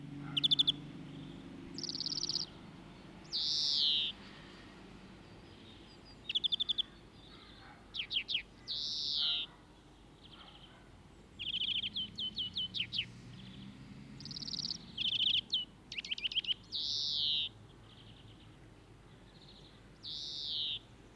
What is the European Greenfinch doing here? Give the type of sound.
song